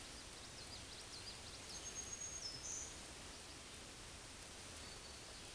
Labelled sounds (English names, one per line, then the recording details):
Black-throated Green Warbler song
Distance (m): 25 m
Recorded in a Pennsylvania forest on 18 May 2023 at 07:27
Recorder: AudioMoth, point grid1_26_low
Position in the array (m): 173 m, 61 m